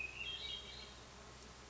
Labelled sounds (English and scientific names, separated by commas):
Hermit Thrush (Catharus guttatus)